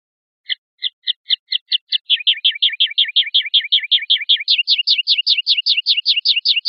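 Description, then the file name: European goldfinch song: a series of high chirped notes, spaced at first, then speeding into a quick repeated trill that steps higher near the end. "suara burung chardonneret atau goldfinch eropa om kicau"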